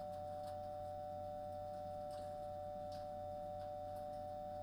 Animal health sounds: poultry house recording; no chicken sound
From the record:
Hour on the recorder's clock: 21

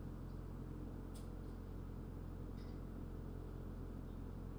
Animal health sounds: poultry house recording; no chicken sound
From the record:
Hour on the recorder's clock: 1

